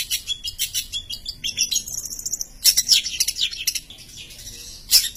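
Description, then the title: Long-tailed shrike song, rapid high-pitched chattering with a brief fast trill midway and sharp squeaky accents, delivered almost continuously. Champion bird. "Kicau Burung Cendet Juara"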